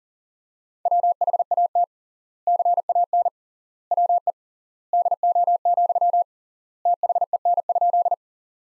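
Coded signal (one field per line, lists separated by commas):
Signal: Morse code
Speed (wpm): 40 wpm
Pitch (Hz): 700 Hz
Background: none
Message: WHAT CAN WE DO, THEN?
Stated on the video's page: Sentence practice from the top 100 words at 40 wpm with 3x word spacing, similar to the Farnsworth method.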